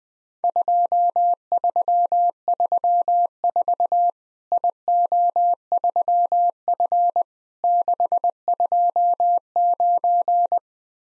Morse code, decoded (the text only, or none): 2334 IO3F 629